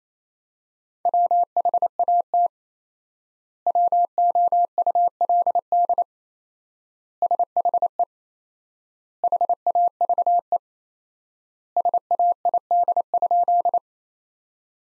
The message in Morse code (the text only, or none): WHAT WOULD SHE HAVE SAID?